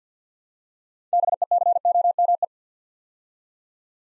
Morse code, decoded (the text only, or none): BECOME